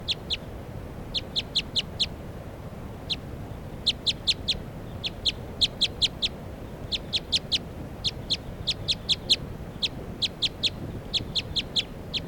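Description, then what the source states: Crossbill calls: sharp, high chip notes given rapidly, singly or in short bursts, with short pauses between, over low background noise. Wild female, real light colour, left-crossing bill, calling rapidly, then flying back up to the top of a tree; at Sage Hen, on 3 May.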